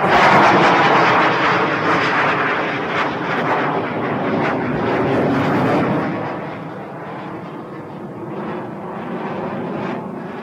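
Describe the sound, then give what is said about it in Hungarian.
A Gripen fighter jet roars by at a demonstration flight at the military airfield in Kecskemét in foggy weather, with a loud, broad engine rumble and hiss that swells, then slowly fades and wavers as the aircraft makes a sharp right turn. “Egy éles jobbforduló a ködös időben, és Kecskeméten a katonai repülőtéren bemutatkozott a Gripen.”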